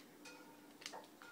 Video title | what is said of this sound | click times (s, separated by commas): SustainPedal | clicks right in there it's | 0.9 s, 1.2 s